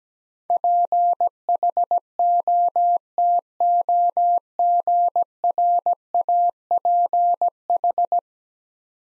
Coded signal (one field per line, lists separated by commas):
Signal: Morse code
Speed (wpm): 17 wpm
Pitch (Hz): 700 Hz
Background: none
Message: PHOTOGRAPH